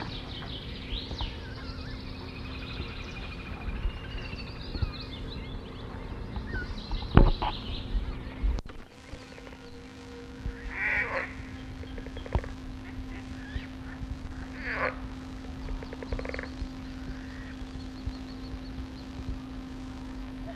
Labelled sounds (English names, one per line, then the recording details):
Edible Frog call
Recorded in the wild
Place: Mühlenbecker Land, Brandenburg, DE
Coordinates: 52.6769, 13.355
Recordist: Günther, Rainer